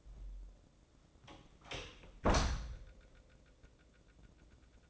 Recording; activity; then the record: daily activity, microphone in the room; close door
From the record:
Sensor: 3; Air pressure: 1012.3 hPa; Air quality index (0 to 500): 181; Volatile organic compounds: 3 ppm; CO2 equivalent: 1380 ppm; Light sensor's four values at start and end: 642/1598/663/687 and 641/1597/662/687